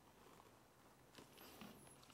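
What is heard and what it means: A slide lock lever pin is pressed with a pin punch into the frame of an FN 509 pistol while installing an Apex Action Enhancement Kit. Only a few faint, brief taps and scrapes are heard, at about 0.4, 1.2, 1.6 and 2.0 seconds, over a low steady background. The pin has not clicked into position yet.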